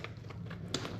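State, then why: Not seated. A placard's quick-release swift clip buckle is handled as it is pushed toward its receiver on a plate carrier, with faint plastic ticks and rustling over a low background hum. Nothing has seated or clicked yet.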